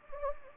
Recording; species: mosquito wingbeat signal from an infrared sensor; Anopheles gambiae